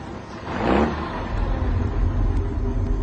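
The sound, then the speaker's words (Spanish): A truck engine rumbles low and steady as the truck rolls along slowly in a zigzag through snow, with a brief swell of louder, hissing road noise early on before settling into a constant drone. “El camión marcha lento y en zigzag, esquivando cuerpos fulminados en la nieve, autos detenidos y más muertos.”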